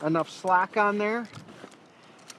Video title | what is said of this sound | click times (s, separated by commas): CrossbowReview: 2020 TenPoint Vapor RS470 | it's no there we go now it's clicked in that first click that you heard was | 1.7 s, 2.3 s